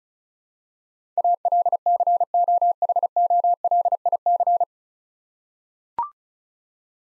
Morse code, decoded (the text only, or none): ALCOHOLIC